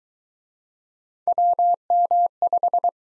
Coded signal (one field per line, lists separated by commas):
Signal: Morse code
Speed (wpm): 23 wpm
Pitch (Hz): 700 Hz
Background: none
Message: WM5